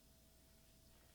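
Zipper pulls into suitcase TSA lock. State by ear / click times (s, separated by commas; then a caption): not seated / none. Zipper pulls of a hard-shell check-in suitcase are handled at its built-in TSA lock housing, over a steady low hum with a faint tone near 650 Hz and a slight rise in level at the very end. Nothing has seated or clicked yet.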